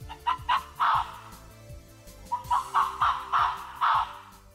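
Arctic fox calls: a series of short, harsh yelping barks in two bursts, the second longer.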